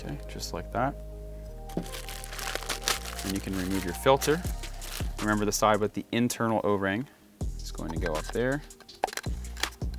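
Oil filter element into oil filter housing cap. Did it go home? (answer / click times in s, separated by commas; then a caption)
yes / 9.0 s. A new paper oil filter element for a BMW X7 40i G07 is pushed into the plastic oil filter housing cap, internal o-ring side first, while someone talks over background music. Brief crinkling handling sounds come around 2.2 to 3.1 s, and the element locks into place with a sharp click at 9.0 s.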